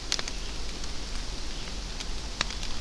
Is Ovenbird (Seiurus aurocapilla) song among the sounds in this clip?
no